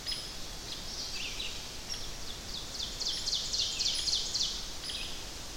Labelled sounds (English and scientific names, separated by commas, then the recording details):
Ovenbird (Seiurus aurocapilla) song
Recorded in boreal forest in Alberta, Canada, on 10 June 2016 at 07:02
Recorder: SongMeter 3, array SBT-3-39
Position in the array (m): 231 m, 96 m
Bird 17